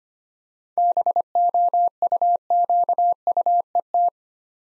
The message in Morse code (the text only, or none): BOUQUET